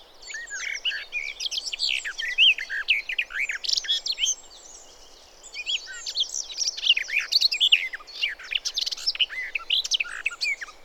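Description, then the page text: Garden warbler giving two long bursts of rapid, varied warbling separated by a short quiet gap, over a light background hiss. "Голоса живой природы(Tony Whitehead) - Славка садовая"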